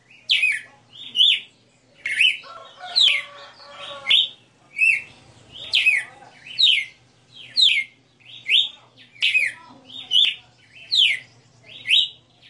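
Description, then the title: Red-cowled cardinal, a long series of whistled slurred phrases, with a lower stacked harmonic sound briefly underneath near the start. Female bird singing a 60-note song, recorded live. "Canto Galo Campina Fêmea 02. Galo de Campina 60 NOTAS Cantando Ao vivo"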